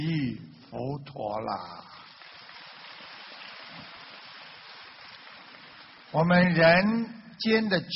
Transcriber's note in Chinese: 掌声